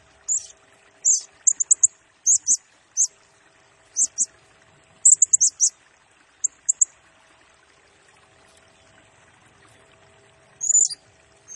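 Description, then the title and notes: Blue-crowned hanging parrot gives shrill high-pitched chirps in small groups, then falls silent for several seconds before one last burst. Masteran lure and training song of a Serindit singing actively in rapid-fire 'nembak' style, used to train and attract other birds, said to stir up all birds. "Burung Serindit Nembak Gacor Bikin Emosi Semua Burung. Suara Nasteran Dan Pemikat Burung Serinditan Gacor"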